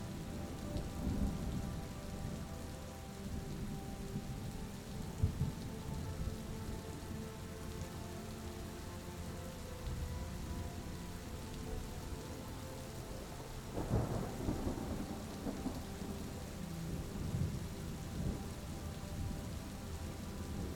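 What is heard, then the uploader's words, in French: Rumbling thunder rolls under a steady wash of rain, joined by soft sustained melodic tones, with a louder thunder swell around fourteen seconds. Le grondement apaisant de l'orage se mêle harmonieusement à des mélodies douces.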